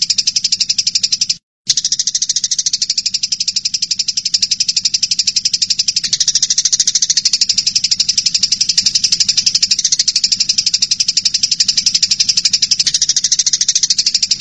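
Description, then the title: Streaked spiderhunter song: a dense, unbroken, buzzy rattle of rapid high notes held for many seconds, with one brief gap near the start. Long, clear, vigorous song. "Pijantung Gunung Gacor Jernih Panjang"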